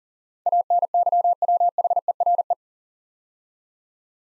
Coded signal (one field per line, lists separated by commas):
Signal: Morse code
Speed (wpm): 43 wpm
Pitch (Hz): 700 Hz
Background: none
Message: ANYWHERE